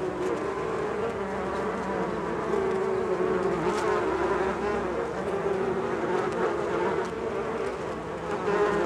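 Bees droning continuously, a busy swarm hum with slight swells in loudness.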